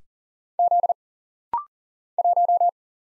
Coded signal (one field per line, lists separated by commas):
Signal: Morse code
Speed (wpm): 40 wpm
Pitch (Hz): 700 Hz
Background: none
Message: Z 1